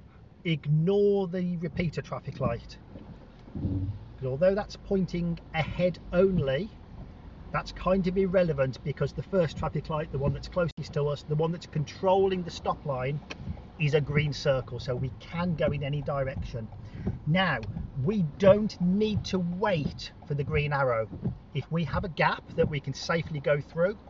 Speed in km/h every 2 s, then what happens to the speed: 0, 0, 2, 0, 0, 2, 10, 10, 3, 0, 0, 0.
0-10 standing. 10-12 pulls away to 10. 14-17 slows to 0. 17-24 standing.